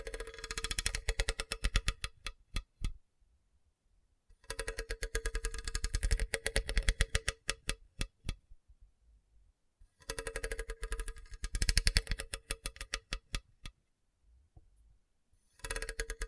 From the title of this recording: Hard and Bumpy Surface Scratching